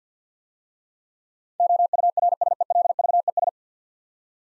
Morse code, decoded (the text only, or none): OURSELVES